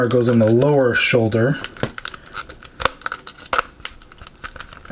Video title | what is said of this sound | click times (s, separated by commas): Marvel Legends SUGAR MAN BUILD A FIGURE BAF X-Men Age of Apocalypse Figure Review | these arms aren't just are not really clicking in they're going in but it's not it's not really clicking in | none